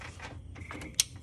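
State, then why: Seated. A hose fitting is pushed onto the oil catch can port during a cam install on a 2006 Saleen Mustang. After faint handling and rubbing noises over a low steady hum, a single sharp click sounds at 1.0 s. The fitting seats on the catch can.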